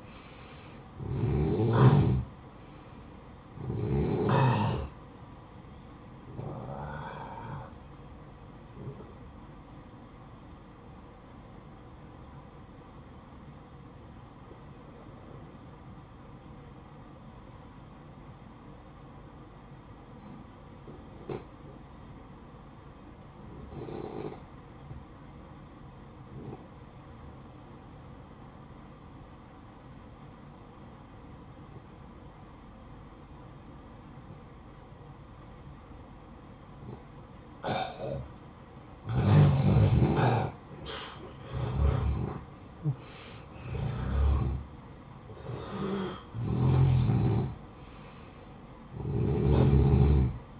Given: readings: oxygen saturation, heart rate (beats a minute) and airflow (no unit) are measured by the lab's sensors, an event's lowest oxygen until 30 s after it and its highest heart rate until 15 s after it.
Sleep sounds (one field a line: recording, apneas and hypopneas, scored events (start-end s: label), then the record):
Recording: breathing in sleep by a smartphone at the bedside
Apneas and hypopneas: 1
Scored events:
7.00-50.60 s: new sleep stage, N1 (lightest sleep)
16.00-41.00 s: obstructive apnea (N1, oxygen 94% highest, then 86% lowest, heart rate 57 at the start, 72 highest)
From the record:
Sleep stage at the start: N2 (light sleep)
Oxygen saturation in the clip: 88 to 94%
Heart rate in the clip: 56 to 72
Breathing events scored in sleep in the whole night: 573 in 9.8 hours asleep